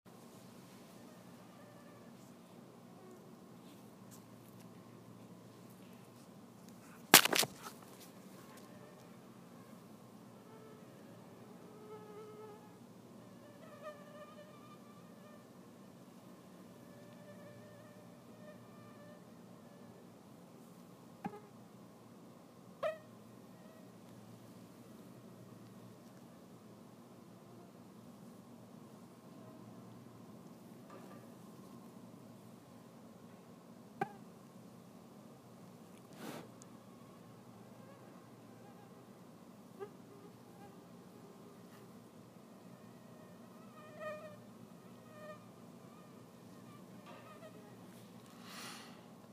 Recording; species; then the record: mosquito flight sound by mobile phone; Anopheles freeborni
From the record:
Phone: iPhone 6